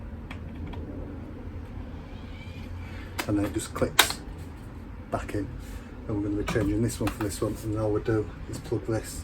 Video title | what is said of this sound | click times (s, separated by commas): No Hot Water? Water Heater Troubleshooting? Try The 2-Port Valve Replacement | the motorized valve comes off and then it just clicks back in | 0.3 s